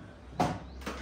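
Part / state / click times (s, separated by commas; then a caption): portafilter into espresso machine group head / seated / 0.4 s. An espresso portafilter is placed into the espresso machine's group head at the "inside" mark and twisted until it locks. A single sharp click sounds at 0.4 s, followed by a softer rise near 0.9 s. The portafilter is seated and locked.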